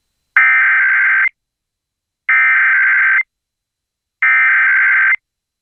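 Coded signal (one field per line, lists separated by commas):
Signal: Emergency Alert System (SAME) tones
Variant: header bursts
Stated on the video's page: Real statewide Kentucky required monthly test recorded off an AM broadcast station; valid tones that can activate EAS equipment.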